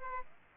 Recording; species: mosquito wingbeat signal from an infrared sensor; Aedes aegypti